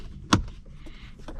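A replacement plastic interior dash trim panel is pushed into a truck dashboard until its row of retaining clips pops into place. A sharp, loud snap at 0.3 s marks the clips seating, followed by a quiet stretch and two fainter taps near 1.3 s and 1.4 s. The panel ends up seated.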